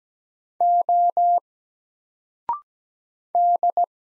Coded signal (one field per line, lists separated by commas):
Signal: Morse code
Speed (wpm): 17 wpm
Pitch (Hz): 700 Hz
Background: none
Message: O D